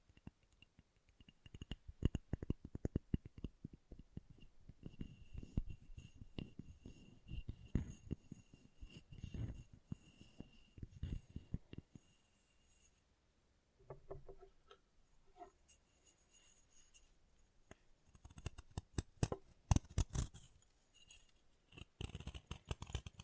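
Chalk being carved and cut in a small room, with dense runs of quick scraping and snipping clicks for the first dozen seconds. A brief lull with soft, scattered scratches follows, then sharper cutting strokes return around twenty seconds, close and dry.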